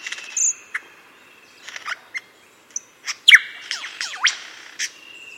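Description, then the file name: Superb lyrebird song with clear sustained whistles, a sharp crack and looping descending notes, separated by brief silences. "superb lyrebird locklate song"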